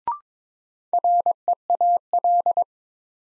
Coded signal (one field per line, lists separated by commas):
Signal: Morse code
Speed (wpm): 22 wpm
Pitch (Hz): 700 Hz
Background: none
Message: REAL